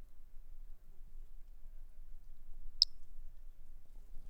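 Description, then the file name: Toadlet call: one tiny, high, sharp note in near silence over a faint low hum. A single individual, numbered 08, not collected, recorded on 10 March 2016. "Brachycephalus tridactylus individual 08 not collected by MR Bornschein 160310"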